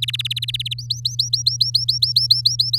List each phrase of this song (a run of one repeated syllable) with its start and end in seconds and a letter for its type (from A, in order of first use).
0.00-0.74 A, 0.78-2.78 B